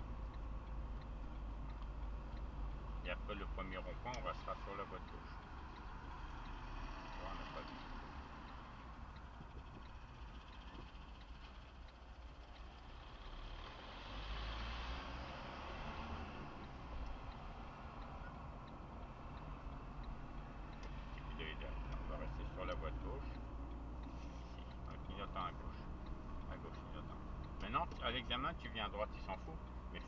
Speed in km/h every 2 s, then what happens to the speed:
26, 23, 18, 10, 3, 12, 17, 21, 23, 14, 21, 31, 32, 31, 32.
0-9 slows to 3. 9-13 speeds up to 21. 13-19 steady at about 21. 19-21 speeds up to 31. 21-30 steady at about 31.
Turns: 13-21.